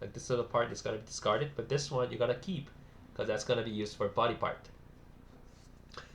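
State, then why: Seated. Someone talks while building a Bandai Gunpla RG MS-06S Zaku II, deciding which plastic model kit part to discard and which to keep for the body. A plastic model kit part is then pressed into its body joint, and a small, sharp click at 5.9 s marks it snapping in and seating.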